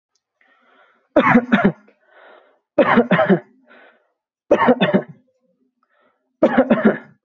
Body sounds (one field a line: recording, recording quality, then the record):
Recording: heavy voluntary cough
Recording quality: moderate, slight background noise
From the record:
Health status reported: respiratory illness, not identified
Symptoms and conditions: asthma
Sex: male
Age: 21 years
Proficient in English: yes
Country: India